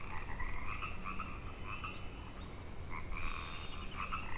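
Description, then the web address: Frog chorus of overlapping throaty trills over a low rumble. Frog chorus on Grafton Lake, 3 May 2009. "The Frog Chorus Tunes Up On Grafton Lake"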